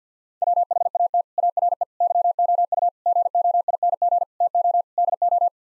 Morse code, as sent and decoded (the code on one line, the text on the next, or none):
.-- .... .- - / .- .-. . / -.-- --- ..- / --. --- .. -. --. / - --- / -.. ---
WHAT ARE YOU GOING TO DO